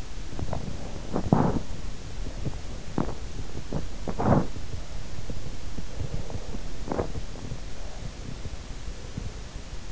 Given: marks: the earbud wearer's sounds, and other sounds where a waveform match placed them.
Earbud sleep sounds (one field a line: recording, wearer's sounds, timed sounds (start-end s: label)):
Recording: sounds in sleep by an in-ear microphone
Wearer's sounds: teeth grinding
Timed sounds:
0.00-7.69 s: teeth grinding